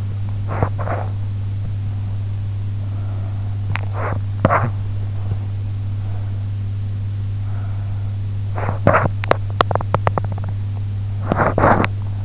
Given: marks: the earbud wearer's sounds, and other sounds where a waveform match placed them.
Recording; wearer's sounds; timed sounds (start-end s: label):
sounds in sleep by an in-ear microphone; teeth grinding
0.00-1.23 s: teeth grinding
3.23-5.23 s: teeth grinding
8.24-12.24 s: teeth grinding